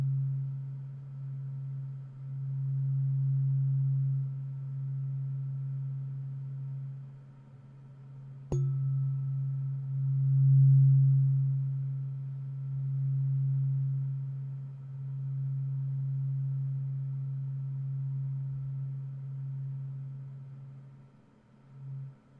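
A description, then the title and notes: A tuning fork hums a steady low tone, about 136 Hz, with a faint higher overtone above it. The loudness swells and fades gently throughout, and a single sharp tap lands around the eight-second mark. 音叉療癒 淨化心靈 Tuning Fork(OM136.1HZ&4096HZ) No Talking.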